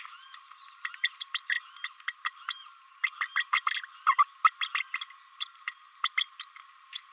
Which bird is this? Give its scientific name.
Forpus passerinus